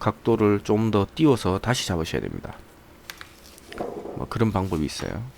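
A tweeter speaker is handled at a custom fiberglass A-pillar pod, with its magnet to be pressed into the pod's hole. Someone talks, then a short cluster of small sharp handling ticks and taps follows between about 3.1 and 3.8 seconds before the talking resumes. Nothing has seated or clicked yet.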